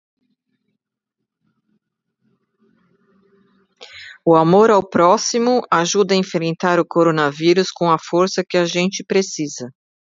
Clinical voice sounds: spoken sentence; Brazilian Portuguese; female; 60 to 69 years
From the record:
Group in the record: control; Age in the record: 60 years

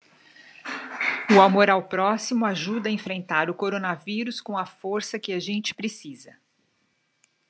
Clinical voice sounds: spoken sentence; Brazilian Portuguese; female; 60 to 69 years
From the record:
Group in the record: control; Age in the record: 60 years

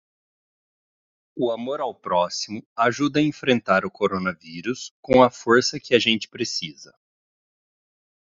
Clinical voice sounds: spoken sentence; Brazilian Portuguese; male; 30 to 39 years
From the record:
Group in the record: control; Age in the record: 34 years

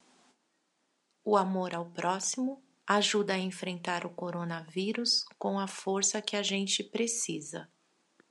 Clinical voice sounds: spoken sentence; Brazilian Portuguese; female; 40 to 49 years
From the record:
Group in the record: control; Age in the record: 46 years

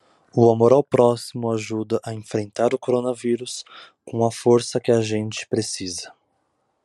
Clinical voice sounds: spoken sentence; Brazilian Portuguese; male; 20 to 29 years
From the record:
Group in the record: control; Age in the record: 24 years

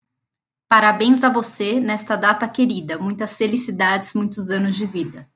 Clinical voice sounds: short text; Brazilian Portuguese; female; 30 to 39 years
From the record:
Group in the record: control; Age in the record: 32 years

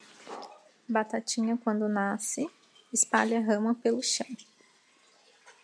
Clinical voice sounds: short text; Brazilian Portuguese; female; 20 to 29 years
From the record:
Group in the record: control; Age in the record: 25 years

